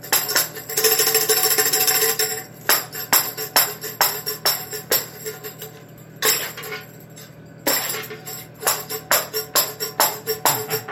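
A tambourine is shaken and struck, opening with a dense stretch of continuous jingling for about two seconds. After that come sharp, bright hits in uneven bursts, some closely spaced, with a longer shaken roll around six to eight seconds and a faint low hum underneath.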